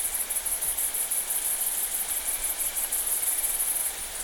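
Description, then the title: Bush-cricket song, a dense high rapid pulsing buzz held throughout, with a faint steady lower trill beneath. Saignon, Vaucluse, September 2000; Italian tree crickets also present. "Sylvain Jaskowiak - Animus. Grandes sauterelles vertes, grillons d'Italie et decticelles - Saignon, Vaucluse - septembre 2000"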